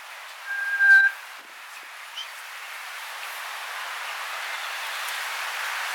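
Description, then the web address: Kokako producing one long, level, flute-like whistle lasting around half a second, then only soft background hiss. "sound kōkako"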